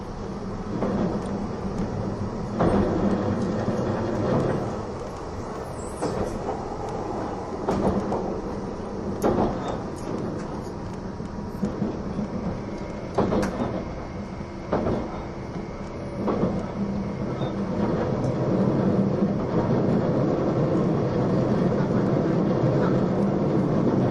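Running sound aboard the E261 series Saphir Odoriko limited express train: a steady low rumble and rolling noise fill the whole clip. Sharp clacks from the rails punctuate it irregularly, roughly every couple of seconds, with a faint hiss on top.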